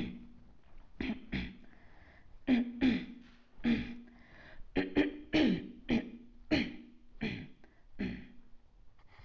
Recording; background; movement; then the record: throat clearing; quiet; sitting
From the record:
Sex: female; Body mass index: 22.6 kg/m2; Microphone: on the chest, facing outward